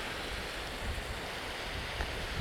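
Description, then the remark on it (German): Gentle Baltic Sea waves wash onto a beach near Maasholm, Germany, in a steady, unbroken rush with small surges, fairly soft and with no voices. “Wie ihr hört, hört ihr Wellen.”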